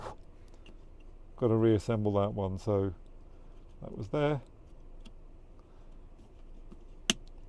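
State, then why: Seated. A plastic battery cover on an Audi Q6 e-tron car key fob, fitted with a new CR2032 coin cell, is pressed down while someone talks. A single sharp, bright click at 7.1 s marks the cover clicking shut and seating.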